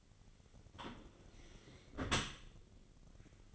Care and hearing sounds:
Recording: daily activity, microphone in the room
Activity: close dishwasher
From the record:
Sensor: 4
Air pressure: 1003.9 hPa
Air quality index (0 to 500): 152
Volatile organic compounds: 2 ppm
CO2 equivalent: 1084 ppm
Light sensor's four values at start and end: 27/64/27/29 and 27/66/28/30

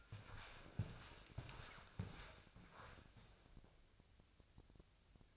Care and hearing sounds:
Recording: daily activity, microphone in the room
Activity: walk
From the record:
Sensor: 2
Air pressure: 1000.3 hPa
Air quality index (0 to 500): 166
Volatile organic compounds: 3 ppm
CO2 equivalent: 1388 ppm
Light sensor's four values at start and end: 14/37/15/17 and 13/36/14/16

